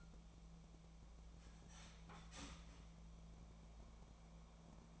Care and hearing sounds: daily activity, microphone in the room; start toaster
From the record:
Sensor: 1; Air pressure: 1000.3 hPa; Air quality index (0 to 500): 155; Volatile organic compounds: 3 ppm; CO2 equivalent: 1450 ppm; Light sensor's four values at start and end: 30/76/32/38 and 30/76/32/38

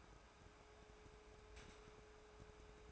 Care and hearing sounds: daily activity, microphone in the room; take from stove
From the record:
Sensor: 2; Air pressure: 1010.2 hPa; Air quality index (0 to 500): 159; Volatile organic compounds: 7 ppm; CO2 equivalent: 1991 ppm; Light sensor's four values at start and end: 41/98/44/50 and 42/100/45/51

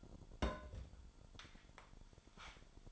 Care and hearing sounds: daily activity, microphone in the room; place on stove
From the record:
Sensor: 5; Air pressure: 1008.1 hPa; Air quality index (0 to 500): 111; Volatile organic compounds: 1 ppm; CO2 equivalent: 857 ppm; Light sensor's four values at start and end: 28/58/26/26 and 28/58/25/26

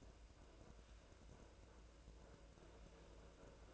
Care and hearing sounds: daily activity, microphone in the room; make coffee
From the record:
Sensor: 2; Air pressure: 1009.2 hPa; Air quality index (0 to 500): 187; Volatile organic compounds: 11 ppm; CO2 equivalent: 2324 ppm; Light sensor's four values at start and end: 24/59/25/27 and 24/59/25/27

